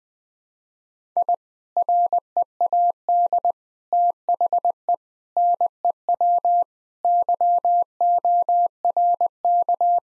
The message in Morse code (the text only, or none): I READ THE NEW YORK